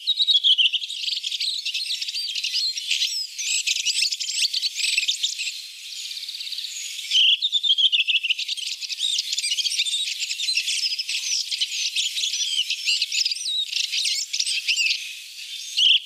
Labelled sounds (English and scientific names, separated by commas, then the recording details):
Redwing (Turdus iliacus) song
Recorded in the wild
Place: Wasenweiler bis Merdingen, Baden-Württemberg, DE
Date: 1983-04-04
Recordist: Schwarz, Dieter